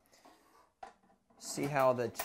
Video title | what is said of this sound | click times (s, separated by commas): How to Screen Print: DIY Screen Printing at Home - FULL LENGTH DVD | actually doesn't plug it in the press it just kind of snaps in so | 0.8 s